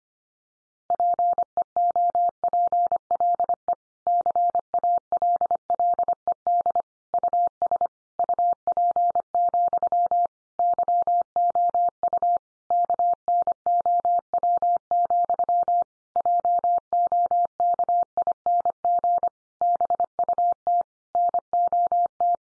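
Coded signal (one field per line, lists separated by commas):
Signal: Morse code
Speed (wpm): 25 wpm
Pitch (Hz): 700 Hz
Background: none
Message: PEOPLE CALLED US UP, YOU KNOW, JOKING BUT NOT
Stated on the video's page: Morse code sentence head-copy practice at 25 wpm, also offered at speeds from 17 to 50 wpm.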